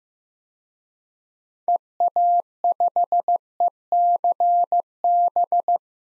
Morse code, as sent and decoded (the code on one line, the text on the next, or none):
. .- ..... . -.-. -...
EA5ECB